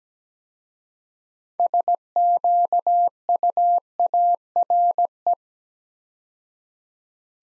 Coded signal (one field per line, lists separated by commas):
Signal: Morse code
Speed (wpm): 17 wpm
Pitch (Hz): 700 Hz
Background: none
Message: SQUARE